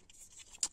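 A small clip on the plastic trim cover beside the cabin filter housing of a Megane 4 is pushed fully home into the dashboard footwell panel as the cover is refitted after a cabin filter replacement. Faint rubbing and handling noises lead up to a single sharp snap at 0.6 s. The clip is seated.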